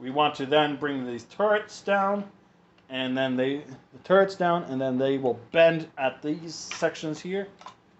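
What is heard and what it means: Someone talks while handling the plastic turrets on a Transformers WFC Siege Titan Class Omega Supreme toy, bringing them down so they bend at their joints before going into a clip slot on the toy body. Only speech is heard, and nothing has seated or clicked yet.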